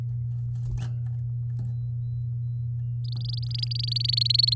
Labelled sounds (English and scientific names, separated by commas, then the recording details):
Domestic Canary (Serinus canaria) song
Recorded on 7 May 2018 at 10:32
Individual llb16